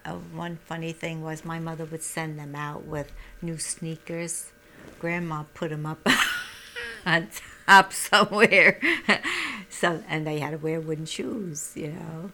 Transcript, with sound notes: one funny thing was my mother would send them out with new sneakers. Grandma put them up ( she laughs ) on top somewhere, and they had to wear wooden shoes, you know.